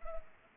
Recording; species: mosquito wingbeat signal from an infrared sensor; Culex pipiens